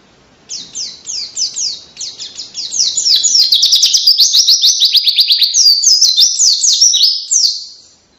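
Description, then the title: White-eye song, a fast stream of high, sharply downslurred chips building into a loud, unbroken twittering run before fading out. Cage bird singing vigorously in the long rapid 'ngalas' style with canary-like phrasing, used as a training recording for songbirds. "Pleci Gacor Ngalas Edan Rasa Kenari"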